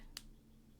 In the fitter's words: And then there's like a little click when you sort of post it.